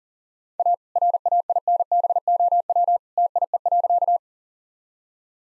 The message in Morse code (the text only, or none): A RAINBOW TIE.